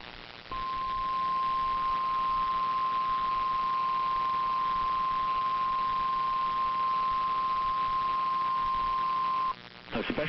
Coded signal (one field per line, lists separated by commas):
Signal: Emergency Alert System (SAME) tones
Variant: 1050 Hz attention tone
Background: speech